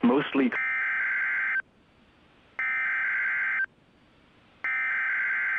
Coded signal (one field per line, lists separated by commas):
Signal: Emergency Alert System (SAME) tones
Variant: header bursts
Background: speech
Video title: Great Shakeout Drill 2022, EAS Alerts From 10/19/2022 and 10/20/2022 (EAS #1421 - 1429)